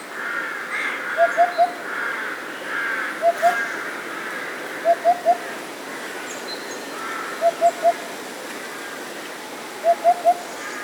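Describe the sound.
Eurasian hoopoe song of repeated soft triple hoots, each phrase of three or occasionally two notes, spaced two to three seconds apart over faint background.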